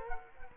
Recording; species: mosquito wingbeat signal from an infrared sensor; Culex quinquefasciatus